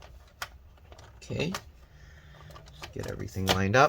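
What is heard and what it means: The plastic bottom cover of an HP Pavilion 17 (17-ca1055cl) laptop is handled and lined up over the chassis so its edge clips can snap back in, with light taps and plastic handling noises while someone talks. Nothing has seated or clicked into place yet.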